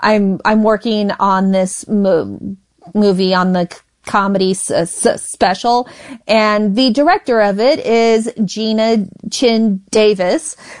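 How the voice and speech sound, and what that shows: An adult woman who stutters speaks at a moderate pitch with several disfluencies: a prolonged 'm' sound followed by a pause, repeated 's' sounds before 'special', and stretched consonants elsewhere. These repetitions, prolongations and breaks fit adult stuttering.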